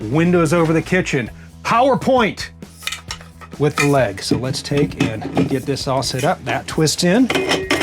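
A removable table leg is handled and started twisting into its mount in the dinette of a 2026 Chateau 19Z motorhome while someone talks throughout. A few brief knocks come at about 2.9, 3.1 and 3.2 seconds. The leg has not yet been twisted home, and nothing has seated or clicked yet.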